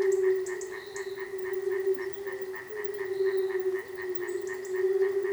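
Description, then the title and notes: Frog chorus: an unbroken low drone with fast rhythmic pulsed croaks and a few faint high chirps. Frogs recorded at a frog reservation in Manušice, Česká Lípa, Czechia. "Manušice 28, 471 11 Česká Lípa, Česko - Frogs. Frog reservation"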